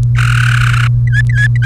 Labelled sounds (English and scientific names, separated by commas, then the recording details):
Domestic Canary (Serinus canaria) song
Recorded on 30 April 2018 at 17:47
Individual llb3